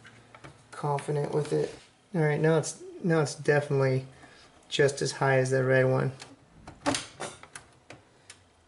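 After the SATA cable is trimmed, its plastic connector is handled at its port inside a desktop PC case while someone talks. Several short ticks and taps follow the speech near the end, but nothing has seated or clicked in yet.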